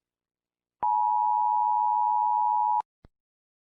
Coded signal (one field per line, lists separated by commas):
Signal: Emergency Alert System (SAME) tones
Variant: 853 and 960 Hz attention tone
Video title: Distressing EAS scenario FIG-k29